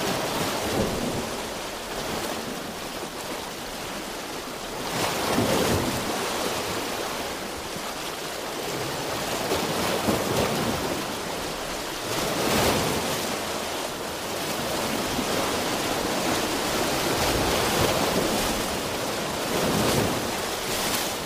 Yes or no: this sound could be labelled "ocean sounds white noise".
yes